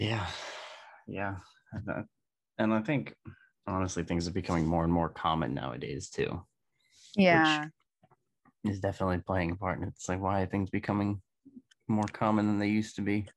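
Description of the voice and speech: A low-pitched adult man speaks fluently and conversationally, with clear ordinary voicing and natural pauses.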